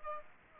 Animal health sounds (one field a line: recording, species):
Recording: mosquito wingbeat signal from an infrared sensor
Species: Aedes aegypti